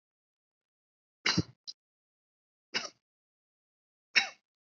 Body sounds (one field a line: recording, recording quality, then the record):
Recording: heavy voluntary cough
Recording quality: excellent, no background noise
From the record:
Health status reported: healthy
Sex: male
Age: 22 years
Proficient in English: yes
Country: India